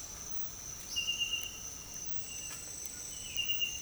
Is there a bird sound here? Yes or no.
yes